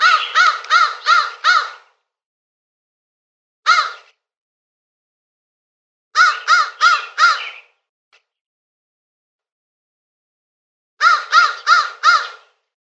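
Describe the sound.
Crow uttering rasping caws in sets of about five, broken by a single caw and silent stretches.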